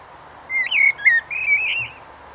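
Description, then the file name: Common blackbird song fragment: a few smooth, fluted whistled notes gliding downward, then a wavering whistle. "Turdus merula"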